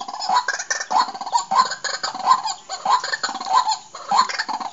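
Bird giving rough, nasal, cackling bursts in quick succession, several over a few seconds.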